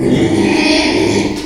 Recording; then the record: squeal of a Yucatan mini pig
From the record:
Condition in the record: after surgery on the right vocal fold (resection and tissue-engineered implant); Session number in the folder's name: 2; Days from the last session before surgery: 13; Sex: male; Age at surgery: 12 weeks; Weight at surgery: 13 kg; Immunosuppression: cyclosporine, prednisolone